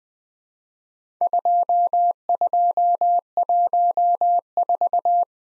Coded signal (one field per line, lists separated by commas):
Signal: Morse code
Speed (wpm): 21 wpm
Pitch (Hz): 700 Hz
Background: none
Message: 2214